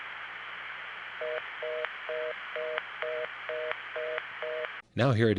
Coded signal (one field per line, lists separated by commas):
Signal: telephone call progress tone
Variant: North America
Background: speech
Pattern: reorder tone